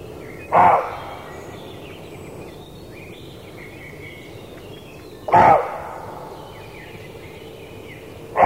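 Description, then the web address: Roe deer barks: three loud, harsh barks roughly three to five seconds apart. Male roe deer (roebuck). "toulky srnec"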